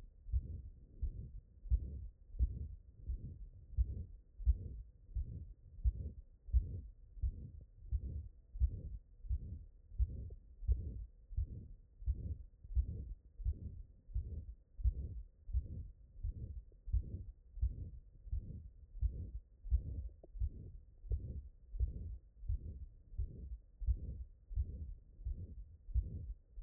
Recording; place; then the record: heart sounds by stethoscope; mitral valve (MV)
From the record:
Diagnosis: non-HFrEF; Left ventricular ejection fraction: 72%